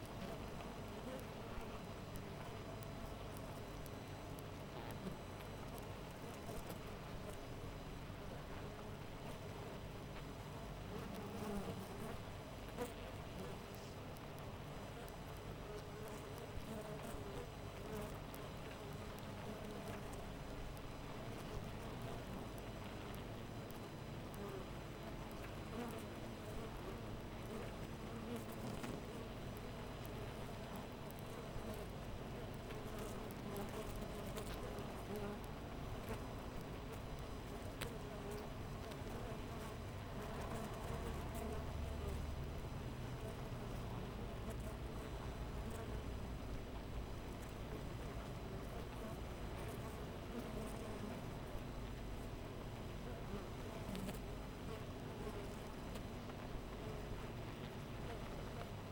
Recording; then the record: honeybee colony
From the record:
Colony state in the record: missing queen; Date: 14 July 2017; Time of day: 5:41